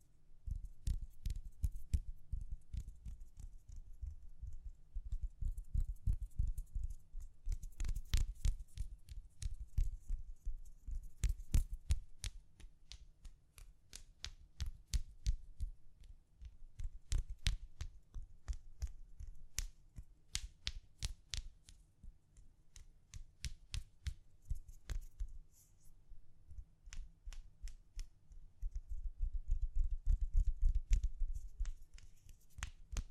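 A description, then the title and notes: Gentle tapping runs through the whole stretch as sharp, crisp clicks, sometimes in quick bursts and sometimes spaced apart, with brief pauses around 14 and 25 seconds. A soft low rumble sits underneath, swelling near the start and again around 30 seconds. ASMR Gently Tapping You to Sleep (No Talking).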